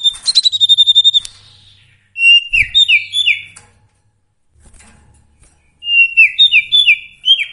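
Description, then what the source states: Sooty-headed bulbul song: a fast, high trill, then bubbly, slurred whistled phrases given twice. Song with full variations, used for training songbirds (masteran).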